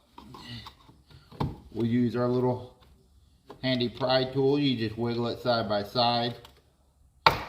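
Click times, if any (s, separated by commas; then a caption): 7.3 s. A small plastic pry tool is wiggled side to side under a plastic push-pin retaining clip in the engine bay cover panel of a 2020 Chevy 2500HD 6.6 gas truck while someone talks. The clip pops up out of its hole with a sharp snap at 7.3 s, and it is released.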